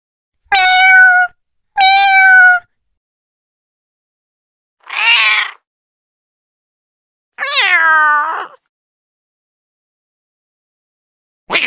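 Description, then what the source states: Cat giving a series of five meows at irregular gaps: two steady, clear meows close together, a rougher, noisier one, then a longer meow that dips in pitch, and a final one cut off. Recorded in April 2023.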